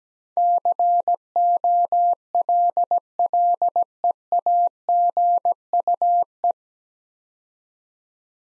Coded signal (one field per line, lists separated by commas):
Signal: Morse code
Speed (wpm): 17 wpm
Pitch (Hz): 700 Hz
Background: none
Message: COLLEAGUE